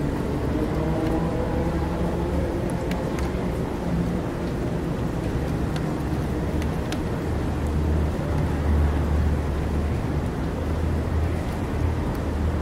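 Rain and city sounds in New York through an open window: a steady, dense wash of noise with a deep rumble of traffic underneath. Brief sharp ticks and taps stand out now and then, and the level stays even throughout.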